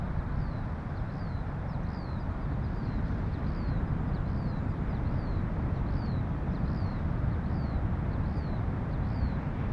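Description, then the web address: Eurasian skylark song, faint high chirping notes repeated steadily, largely buried under a loud continuous roar of surf. Skylarks north of Bude, Cornwall, with distant thundering surf. "skylarks and distant thundering surf north of bude cornwall"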